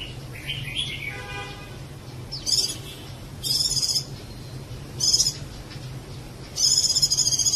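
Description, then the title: Java sparrow calls, a soft lower warble at first, then four harsh, buzzy, high bursts each lasting about a second or less, with a low hum behind. "kicau gelatik"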